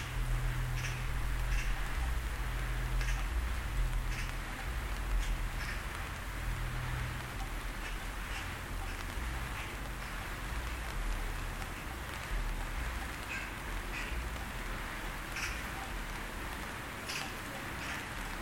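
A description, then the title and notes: A magpie chatters in sharp, repeated bursts over steady rain hiss, while a low engine drone hums underneath and shifts lower midway. Edited in suburban Tyneside. At least four varieties of rain, public transport always, an agitated magpie, drones 'n' tones.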